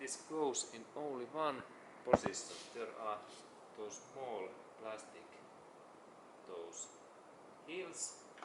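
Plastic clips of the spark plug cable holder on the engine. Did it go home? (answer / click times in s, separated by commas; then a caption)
no / none. Someone talks while handling the plastic spark plug cable holder on the engine of a 1991–2000 Toyota Corolla, which closes in one motion with its four plastic clips. A brief sharp knock sounds around 2.1 s amid the speech, but the clips have not yet snapped shut and nothing has seated or clicked by the end of the clip.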